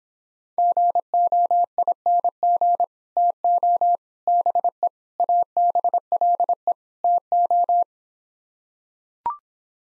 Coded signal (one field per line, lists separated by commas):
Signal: Morse code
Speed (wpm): 26 wpm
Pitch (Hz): 700 Hz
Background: none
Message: GOING TO BE ABLE TO